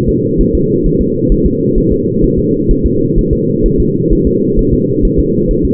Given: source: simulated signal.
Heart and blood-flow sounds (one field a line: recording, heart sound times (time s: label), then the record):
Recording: fetal heart sounds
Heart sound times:
0.09 s: S2
0.41 s: S1
0.55 s: S2
0.86 s: S1
1.01 s: S2
1.32 s: S1
1.46 s: S2
1.78 s: S1
1.92 s: S2
2.24 s: S1
2.39 s: S2
2.71 s: S1
2.86 s: S2
3.19 s: S1
3.33 s: S2
3.66 s: S1
3.80 s: S2
4.13 s: S1
4.27 s: S2
4.59 s: S1
4.73 s: S2
5.05 s: S1
5.19 s: S2
5.51 s: S1
5.65 s: S2
From the record:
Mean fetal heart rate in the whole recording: 130 bpm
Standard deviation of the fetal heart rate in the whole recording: 4 bpm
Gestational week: 38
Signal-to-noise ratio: -11.2 dB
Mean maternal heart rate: 72 bpm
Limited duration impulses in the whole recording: present